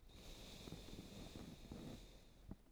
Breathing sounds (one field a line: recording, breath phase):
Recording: one breath near a microphone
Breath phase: exhalation